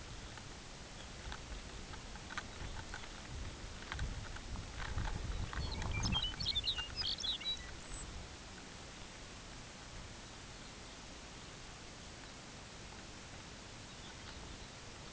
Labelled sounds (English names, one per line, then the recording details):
Lapland Longspur
unidentified sound
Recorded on Arctic tundra, site UTQI-5, on 16 June 2019
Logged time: 02:00